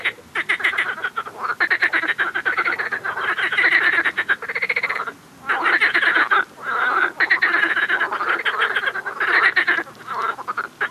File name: Pelophylax ridibundus call